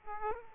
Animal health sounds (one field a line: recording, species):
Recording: mosquito wingbeat signal from an infrared sensor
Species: Aedes aegypti